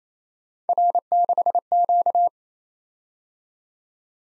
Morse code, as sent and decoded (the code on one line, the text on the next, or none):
.-. -.... --.-
R6Q